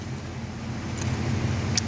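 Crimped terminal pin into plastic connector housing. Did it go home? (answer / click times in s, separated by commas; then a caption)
yes / 1.0 s, 1.8 s. A crimped terminal pin on a red wire, its tab lifted, is pushed into the red side of a plastic connector housing over a steady low hum. Sharp clicks are heard at 1.0 s and 1.8 s, and the pin is seated.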